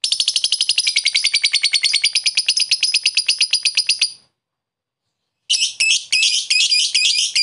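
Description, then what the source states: Lovebird chatter, a fast rattling stream of shrill notes for four seconds, a pause, then harsher clipped squeaky bursts. Pet lovebird giving long "ngekek" chatter, used for training other pet birds (masteran).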